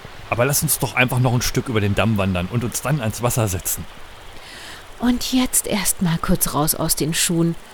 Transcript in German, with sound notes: Lass uns doch einfach noch ein Stück über den Damm wandern und uns hier ans Wasser setzen.
[seufzt] Und jetzt erstmal kurz raus aus den Schuhen!